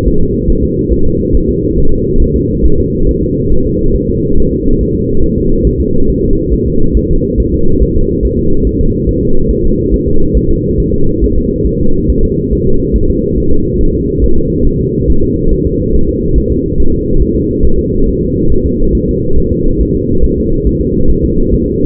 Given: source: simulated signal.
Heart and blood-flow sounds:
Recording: fetal heart sounds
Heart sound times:
0.08 s: S1
0.23 s: S2
0.50 s: S1
0.64 s: S2
0.93 s: S1
1.07 s: S2
1.35 s: S1
1.49 s: S2
1.78 s: S1
1.93 s: S2
2.22 s: S1
2.36 s: S2
2.65 s: S1
2.80 s: S2
3.09 s: S1
3.23 s: S2
3.52 s: S1
3.67 s: S2
3.96 s: S1
4.10 s: S2
4.38 s: S1
4.53 s: S2
4.81 s: S1
4.95 s: S2
5.24 s: S1
5.38 s: S2
5.67 s: S1
5.81 s: S2
6.10 s: S1
6.24 s: S2
6.54 s: S1
6.68 s: S2
6.97 s: S1
7.11 s: S2
7.40 s: S1
7.54 s: S2
7.83 s: S1
7.97 s: S2
8.25 s: S1
8.39 s: S2
8.67 s: S1
8.81 s: S2
9.09 s: S1
9.23 s: S2
9.51 s: S1
9.65 s: S2
9.94 s: S1
10.08 s: S2
10.37 s: S1
10.51 s: S2
10.80 s: S1
10.94 s: S2
11.24 s: S1
11.38 s: S2
11.67 s: S1
11.81 s: S2
12.10 s: S1
12.24 s: S2
12.53 s: S1
12.67 s: S2
12.96 s: S1
13.10 s: S2
13.38 s: S1
13.52 s: S2
13.81 s: S1
13.95 s: S2
14.24 s: S1
14.38 s: S2
14.67 s: S1
14.81 s: S2
15.10 s: S1
15.24 s: S2
15.53 s: S1
15.67 s: S2
15.95 s: S1
16.09 s: S2
16.38 s: S1
16.52 s: S2
16.80 s: S1
16.94 s: S2
17.23 s: S1
17.37 s: S2
17.65 s: S1
17.79 s: S2
18.08 s: S1
18.23 s: S2
18.52 s: S1
18.66 s: S2
18.95 s: S1
19.09 s: S2
19.38 s: S1
19.52 s: S2
19.81 s: S1
19.95 s: S2
20.24 s: S1
20.38 s: S2
20.67 s: S1
20.81 s: S2
21.10 s: S1
21.24 s: S2
21.54 s: S1
21.68 s: S2
From the record:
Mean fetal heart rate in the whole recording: 140 bpm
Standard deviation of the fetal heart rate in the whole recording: 2 bpm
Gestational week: 34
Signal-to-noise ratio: -19.1 dB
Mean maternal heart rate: 72 bpm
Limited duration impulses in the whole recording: present

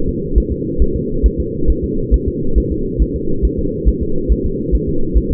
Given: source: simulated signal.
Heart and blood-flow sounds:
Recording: fetal heart sounds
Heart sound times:
0.09 s: S2
0.38 s: S1
0.52 s: S2
0.82 s: S1
0.96 s: S2
1.26 s: S1
1.40 s: S2
1.70 s: S1
1.84 s: S2
2.14 s: S1
2.28 s: S2
2.58 s: S1
2.72 s: S2
3.02 s: S1
3.16 s: S2
3.45 s: S1
3.59 s: S2
3.88 s: S1
4.03 s: S2
4.32 s: S1
4.46 s: S2
4.75 s: S1
4.89 s: S2
5.18 s: S1
5.32 s: S2
From the record:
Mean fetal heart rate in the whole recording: 140 bpm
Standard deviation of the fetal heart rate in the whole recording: 2 bpm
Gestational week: 34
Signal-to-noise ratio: -8.1 dB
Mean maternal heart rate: 72 bpm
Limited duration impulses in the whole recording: absent

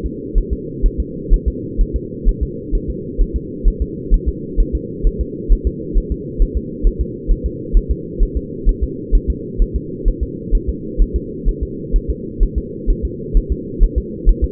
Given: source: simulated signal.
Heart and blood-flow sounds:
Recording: fetal heart sounds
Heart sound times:
0.06 s: S2
0.38 s: S1
0.53 s: S2
0.86 s: S1
1.00 s: S2
1.33 s: S1
1.48 s: S2
1.81 s: S1
1.96 s: S2
2.28 s: S1
2.43 s: S2
2.75 s: S1
2.90 s: S2
3.21 s: S1
3.36 s: S2
3.68 s: S1
3.82 s: S2
4.14 s: S1
4.28 s: S2
4.60 s: S1
4.75 s: S2
5.07 s: S1
5.21 s: S2
5.52 s: S1
5.67 s: S2
5.98 s: S1
6.12 s: S2
6.42 s: S1
6.57 s: S2
6.87 s: S1
7.01 s: S2
7.31 s: S1
7.46 s: S2
7.77 s: S1
7.91 s: S2
8.23 s: S1
8.37 s: S2
8.69 s: S1
8.83 s: S2
9.15 s: S1
9.30 s: S2
9.62 s: S1
9.76 s: S2
10.08 s: S1
10.23 s: S2
10.55 s: S1
10.69 s: S2
11.01 s: S1
11.16 s: S2
11.49 s: S1
11.63 s: S2
11.96 s: S1
12.10 s: S2
12.43 s: S1
12.58 s: S2
12.90 s: S1
13.05 s: S2
13.37 s: S1
13.52 s: S2
13.83 s: S1
13.98 s: S2
14.29 s: S1
14.44 s: S2
From the record:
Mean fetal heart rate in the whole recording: 130 bpm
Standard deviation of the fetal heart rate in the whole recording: 2 bpm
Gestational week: 38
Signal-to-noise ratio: -4.1 dB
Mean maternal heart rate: no maternal heart sound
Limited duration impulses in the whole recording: absent

